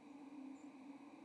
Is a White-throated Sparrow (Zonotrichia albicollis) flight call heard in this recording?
yes